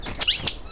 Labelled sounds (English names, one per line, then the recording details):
Stitchbird song
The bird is a male
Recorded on Tiritiri Matangi Island, New Zealand, in 2005
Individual 1, of nest box 1